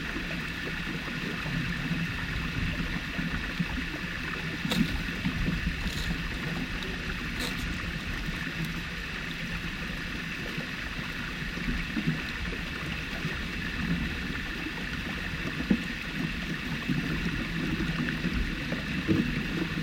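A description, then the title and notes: Underwater at Jökulsárlón glacier lagoon, a steady low rumble and constant hiss with faint knocks and brief bright clicks from drifting ice. Hydrophone recording of Jökulsárlón glacier lagoon in southern Iceland, with numerous bits of ice floating by and crashing into one another. Recorded with Aquarian H2a hydrophones in pseudo-stereo mode and Sound Devices Mixpre 6 ii recorder. Glacier Lagoon Hydro Soundscape.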